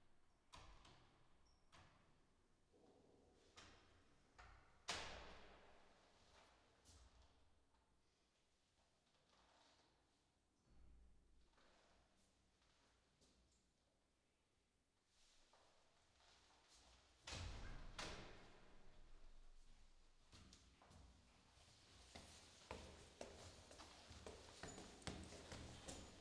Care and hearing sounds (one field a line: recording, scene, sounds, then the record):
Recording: everyday scene through a hearing-aid microphone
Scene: reverberant space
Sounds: background noise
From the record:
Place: staircase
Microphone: in the ear canal, left